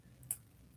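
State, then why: Seated. A silver jewelry lock clasp is pushed closed into its housing, giving one crisp click at 0.3 s, with a faint tick just before. The clasp seats shut, though it is a little tight.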